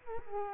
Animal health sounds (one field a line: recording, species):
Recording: mosquito wingbeat signal from an infrared sensor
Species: Culex quinquefasciatus